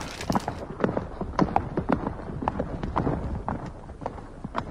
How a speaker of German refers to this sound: Vor dem Haus wird es unruhig. In vollem Galopp stürmt ein brauner Hengst die Dorfstraße hinauf.